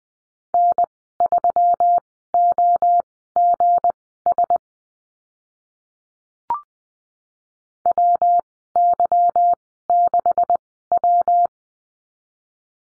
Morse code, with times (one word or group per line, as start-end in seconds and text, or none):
0.5-4.6 N3OGS
7.9-11.5 WY6W